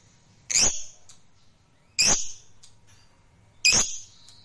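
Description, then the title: Lovebird giving three loud, shrill squawks at roughly one-and-a-half-second intervals, each harsh and brief, with near silence between. Fighter lovebird. "Begitu Dengar Suara Lovebird FIGHTER NGEKEK PANJANG"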